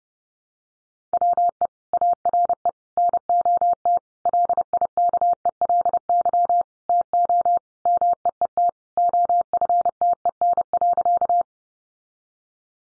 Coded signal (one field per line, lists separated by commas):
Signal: Morse code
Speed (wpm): 30 wpm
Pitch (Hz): 700 Hz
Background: none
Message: WE ARE NOT LIKELY TO MEET OFTEN.